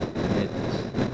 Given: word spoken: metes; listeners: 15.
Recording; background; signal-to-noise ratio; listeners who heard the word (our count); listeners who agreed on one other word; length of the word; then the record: one Spanish word in noise, from a listening test; noise modulated by three-talker babble; -6.3 dB; 1 of 15; 6 of 15; 0.74 s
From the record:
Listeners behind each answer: 6, 3, 1, 1, 1, 1, 1, 1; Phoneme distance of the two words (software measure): 10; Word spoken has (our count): 2 syllables, 5 phonemes, stress on syllable 1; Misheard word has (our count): 2 syllables, 5 phonemes, stress on syllable 1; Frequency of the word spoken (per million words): 1.57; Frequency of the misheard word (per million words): 15.84